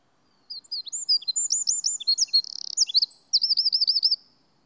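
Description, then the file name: Eurasian wren song, a loud, rapid outpouring of high notes with buzzy stretches and rolling trills, lasting about four seconds. "Troglodytes troglodytes"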